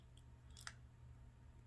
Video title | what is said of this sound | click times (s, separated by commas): Fitbit Versa 3: How to Setup (Pair/Sync/Connect to Phone) | to hear like a snap just like that | 0.7 s